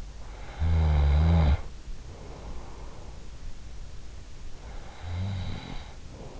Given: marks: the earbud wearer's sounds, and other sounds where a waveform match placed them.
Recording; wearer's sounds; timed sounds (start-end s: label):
sounds in sleep by an in-ear microphone; snoring breath
0.00-2.33 s: snoring breath
4.39-6.39 s: snoring breath